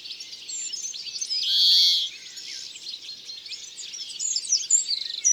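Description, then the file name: European greenfinch song opening with twitters, then one loud drawn-out wheeze, followed by more scattered chirping and a brief trill. "Verdier-d Europe-ABC-des-chants-doiseaux"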